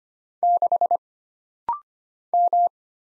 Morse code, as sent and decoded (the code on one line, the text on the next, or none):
-.... / --
6 M